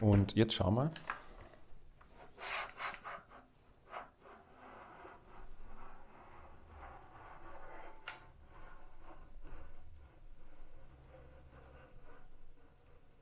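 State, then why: Not seated. A part of a 1:14 RC low-loader trailer, probably the trailer coupling on the tractor, is worked toward position with rubbing and scraping handling sounds, a short knock near 2.0 s and a sharper tap near 8.1 s, while someone talks at the start. Nothing has seated or latched yet.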